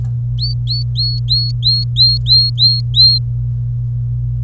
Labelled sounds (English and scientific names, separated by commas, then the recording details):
Domestic Canary (Serinus canaria) song
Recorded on 26 April 2018 at 12:01
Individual llb3